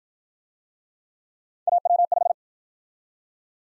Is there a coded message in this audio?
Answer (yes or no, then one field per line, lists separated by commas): yes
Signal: Morse code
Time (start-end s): 1.7-2.3 s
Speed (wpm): 54 wpm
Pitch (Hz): 700 Hz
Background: none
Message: AW5